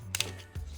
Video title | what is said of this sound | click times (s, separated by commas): HOW TO STABILIZER // Pro Level Stabilizer Assembly | now that it clicks it's no longer going to be | 0.2 s